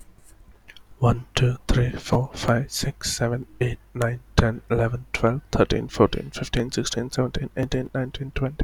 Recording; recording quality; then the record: counting at a fast pace; moderate, slight background noise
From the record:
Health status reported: healthy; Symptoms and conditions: none ticked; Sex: male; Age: 19 years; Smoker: not ticked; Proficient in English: yes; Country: India